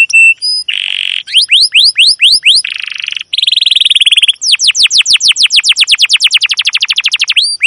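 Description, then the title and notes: Canary singing buzzy rolls and arched whistles, then a long train of crisp downslurred chirps ending in a rising whistle. Domestic canary giving long continuous rolling 'cuit cuit' chirping song, used as a lure and master song for young canaries learning to sing. "CUIT CUIT NGEROL LANGSUNG GACOR PANJANG Kenari Ini AMPUH Utk Pancingan KENAR. PANCINGAN Kenari GACOR PANJANG Cuit CUIT EMOSI ini AMPUH utk MASTERAN Kenari PAUD belajar BUNYI. burung kenari"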